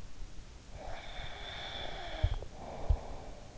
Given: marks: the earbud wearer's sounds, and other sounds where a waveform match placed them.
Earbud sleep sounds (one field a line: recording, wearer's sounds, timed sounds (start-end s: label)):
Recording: sounds in sleep by an in-ear microphone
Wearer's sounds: snoring breath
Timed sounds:
0.63-3.52 s: snoring breath